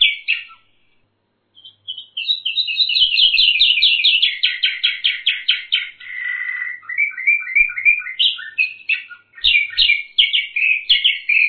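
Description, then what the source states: Bird song opening with a short phrase, then a long rapid rattling trill that slowly falls in pitch before changing to quick chirpy bursts. Masteran tutor recording.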